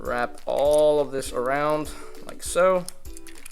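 Someone talks while wrapping the plastic leg panels of a Transformers Legacy United Voyager Animated Optimus Prime action figure around the leg assembly. Soft plastic taps and handling sounds come near the end, around 3.2 to 3.5 seconds. Nothing has seated or clicked into place yet.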